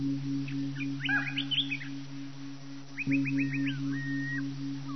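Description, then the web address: Bird chirps: a burst of quick, high chirps around one second, then a rapid run of several upswept notes and a short whistled note, over a steady low electrical hum. "Sunset Strip Alley 2672 bird"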